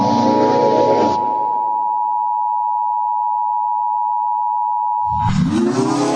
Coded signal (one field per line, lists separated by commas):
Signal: Emergency Alert System (SAME) tones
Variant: 853 and 960 Hz attention tone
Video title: EAS Scenario: Halloween Remastered CENSORED